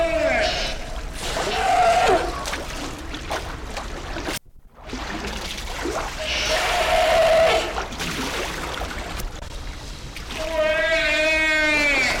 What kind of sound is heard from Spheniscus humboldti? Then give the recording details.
call. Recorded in captivity. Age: adult. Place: Zoo Berlin, Berlin, DE. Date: 1993-01-01 13:22. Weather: sonnig, -6°C. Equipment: Marantz CP 430, Sennheiser ME 80, Kopie Uher Variocord 263. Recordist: Tembrock, Günter. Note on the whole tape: Langlaute und Lautfolgen mehrerer Exemplare